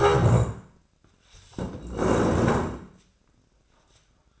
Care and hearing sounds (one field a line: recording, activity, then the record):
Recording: daily activity, microphone in the room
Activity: stand up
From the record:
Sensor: 2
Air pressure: 1012.2 hPa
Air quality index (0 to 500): 161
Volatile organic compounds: 2 ppm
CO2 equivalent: 1180 ppm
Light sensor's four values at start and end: 56/134/60/68 and 43/99/45/51